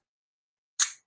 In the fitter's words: And we are locked.